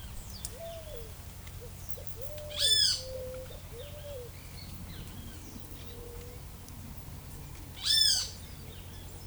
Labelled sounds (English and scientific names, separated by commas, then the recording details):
Pale-vented Pigeon (Patagioenas cayennensis), Great Kiskadee (Pitangus sulphuratus)
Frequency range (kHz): Pale-vented Pigeon (Patagioenas cayennensis) 0.3-0.8 kHz
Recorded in forest near Pivijay, Magdalena, Colombia, on 6 June 2023 at 10:30
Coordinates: 10.467, -74.380
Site Z5-G034